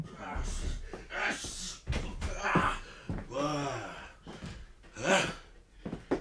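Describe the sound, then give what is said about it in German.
The second wing of a door is pushed open with a few dull knocks and scrapes while a man stuck wedged in the doorway grunts, strains and gasps as he squeezes through, his effortful breaths rising and falling. “Öffne doch den zweiten Türflügel.”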